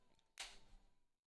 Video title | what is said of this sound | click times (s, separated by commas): View 380 Overview🧇 AIO Build Planning 🧇 Weekly Waffles! !giveaway !youtube !discord | snaps into place just like that. That's kind of cool. | 0.4 s